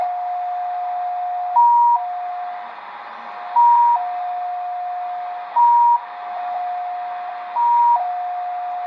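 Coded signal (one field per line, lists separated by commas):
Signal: multi-tone FSK (Olivia or MFSK type)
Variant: XPA2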